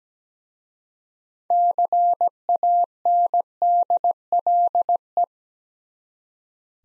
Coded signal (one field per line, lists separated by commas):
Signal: Morse code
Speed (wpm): 17 wpm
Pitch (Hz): 700 Hz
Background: none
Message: CANDLE